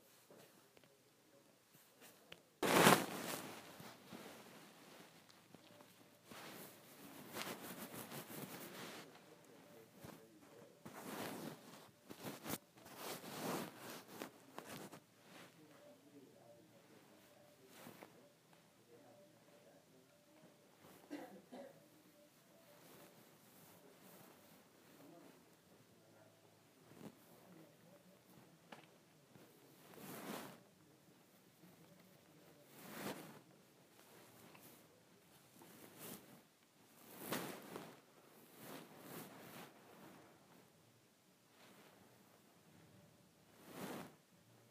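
Scratching a head produces irregular bursts of dry, bright rasping, strongest near three and eight seconds, with quieter scratches scattered throughout.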